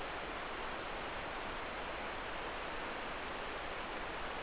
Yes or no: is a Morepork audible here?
no